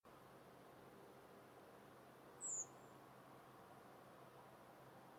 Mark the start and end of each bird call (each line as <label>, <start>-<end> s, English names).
Redwing, 2.40-2.70 s